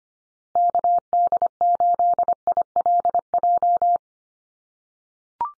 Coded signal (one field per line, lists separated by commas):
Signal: Morse code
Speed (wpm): 25 wpm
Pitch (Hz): 700 Hz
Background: none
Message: KD8ILJ